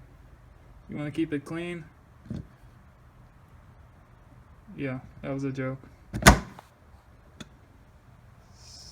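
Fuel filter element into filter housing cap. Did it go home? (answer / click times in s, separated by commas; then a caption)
yes / 6.3 s. Someone talks while a new paper fuel filter element is pushed onto its plastic filter housing cap during a fuel filter change on a 2003–2007 Cummins 5.9 common-rail diesel pickup. A sharp snap at 6.3 s is the element seating into the cap, followed by a couple of faint ticks.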